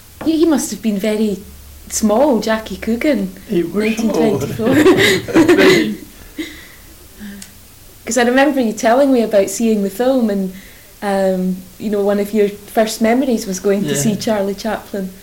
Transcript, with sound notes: He must've been very small, Jackie Coogan. In 1924!
He was small.
[laughs] 'Cause I remember you telling me about seeing the film and erm, you know, and one of your first memories was going to see Charlie Chaplin.